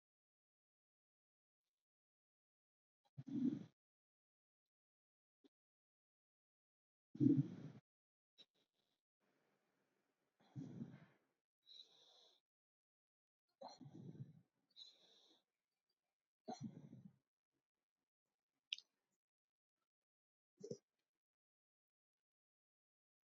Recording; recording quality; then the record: deep breathing; excellent, no background noise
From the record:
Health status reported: healthy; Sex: male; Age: 72 years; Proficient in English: yes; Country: India